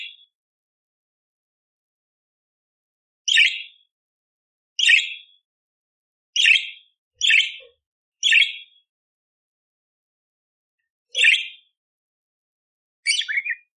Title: Masteran Burung Parkit Gacor Jernih Full Isian Tembakan Kasar Cocok Buat Kacer